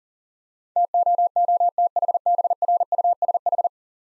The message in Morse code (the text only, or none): TOOTHBRUSH